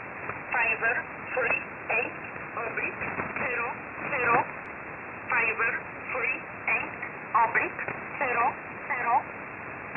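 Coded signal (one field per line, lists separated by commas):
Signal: numbers station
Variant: E11 Oblique, English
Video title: 14 06 2021 Number station E11 Oblique in English to Eu 0900 on 7449 unknown tx site in USB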